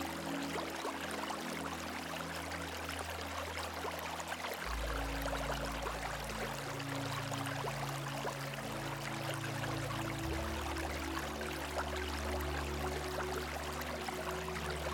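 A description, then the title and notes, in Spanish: A river flows steadily in a dense, even rush of bright water that never lets up across the whole fifteen seconds. Beneath it, soft music holds low sustained tones, shifting to new chords around five and ten seconds. El Flujo de un RÍO con una Dulce MÚSICA.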